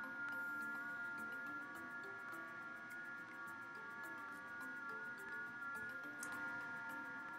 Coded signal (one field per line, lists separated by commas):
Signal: FT8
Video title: Yaesu FTDX101MP and MacBook Pro! Set up for WSJT-X FT8 | GridTracker | Easy Setup to get started